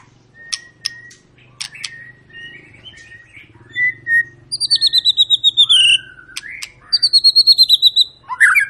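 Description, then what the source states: White-rumped shama song: scattered clicks and soft whistles, then rapid trills of repeated high notes and a rising whistle. Long, lively singing used as a lure recording to make other birds sing.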